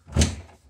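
A plastic filter is lined up and clipped into its compartment in a Samsung refrigerator. A sharp, broadband click with a low thump lands at 0.2 s and fades, followed by a faint tick near 0.7 s. The filter is seated in place.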